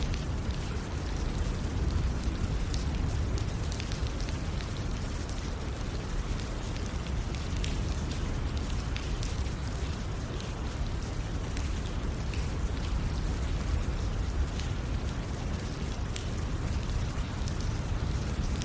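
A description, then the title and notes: Rain falls in a steady, dense hiss that never lets up, with a deep rumbling roar underneath. Fine crackling patters and brief sharper ticks scatter through the whole stretch, as if drops are striking surfaces. Rain Meditation: Embrace Serenity with 4 Hours of Rain Sounds.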